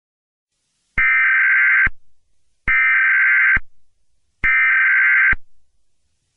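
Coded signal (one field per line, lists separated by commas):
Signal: Emergency Alert System (SAME) tones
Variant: header bursts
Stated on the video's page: Mock severe weather alert for Georgia, not a real broadcast.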